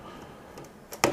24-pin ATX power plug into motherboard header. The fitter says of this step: Should hear a click in place. That's fine.